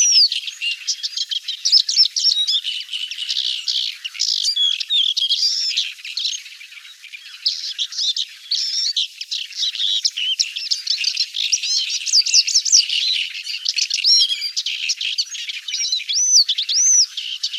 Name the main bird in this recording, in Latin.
Acrocephalus agricola